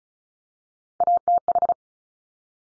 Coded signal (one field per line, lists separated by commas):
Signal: Morse code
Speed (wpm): 36 wpm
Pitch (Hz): 700 Hz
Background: none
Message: ATH